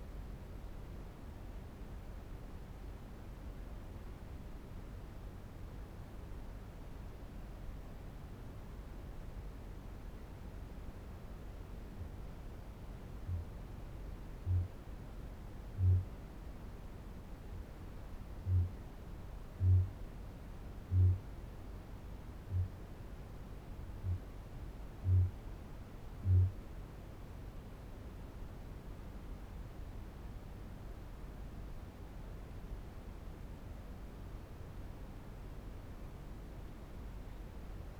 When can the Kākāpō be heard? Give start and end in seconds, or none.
12.98-16.18, 18.27-21.35, 22.35-22.89, 23.93-24.43, 24.98-26.64